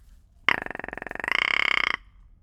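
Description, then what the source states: Rock ptarmigan uttering a loud, belching rattle lasting about a second and a half, made of rapid rhythmic pulses that strengthen toward the end, then quiet. Curious rock ptarmigan recorded in Iceland, April 2019, with a Lewitt LCT540s microphone.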